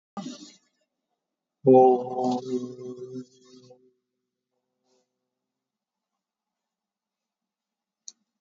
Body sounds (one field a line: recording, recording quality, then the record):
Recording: sustained vowel as in boot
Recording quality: moderate, slight background noise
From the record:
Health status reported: COVID-19 positive, mild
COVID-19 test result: positive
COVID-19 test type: RT-PCR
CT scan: taken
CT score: 0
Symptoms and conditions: cough, cold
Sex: male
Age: 30 years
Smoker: no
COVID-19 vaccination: both doses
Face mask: worn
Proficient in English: yes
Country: India